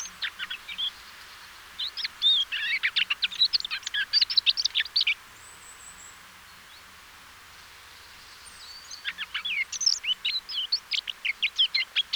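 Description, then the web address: Eurasian blackcap, two bursts of hurried warbling separated by a few seconds of quiet, each a jumble of chirps and fluty slurs. "SETE data Sylvia atricapilla"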